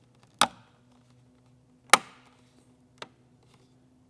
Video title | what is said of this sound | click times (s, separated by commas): 4th Gen Toyota Tacoma Sequential Turn Signal Install | and it'll click right into place just like that | 0.4 s, 1.9 s